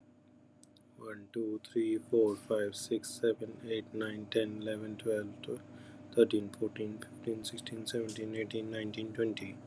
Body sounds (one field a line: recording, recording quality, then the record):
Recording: counting at a normal pace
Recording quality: excellent, no background noise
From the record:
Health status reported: COVID-19 positive, mild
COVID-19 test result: positive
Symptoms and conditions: breathing difficulty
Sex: male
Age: 47 years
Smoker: not ticked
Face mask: worn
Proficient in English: yes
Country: India